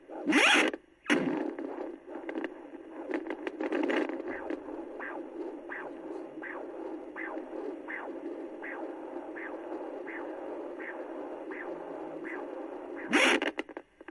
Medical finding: Fetal heartbeat.